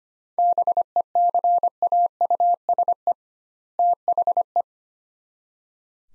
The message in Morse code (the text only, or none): BECAUSE THE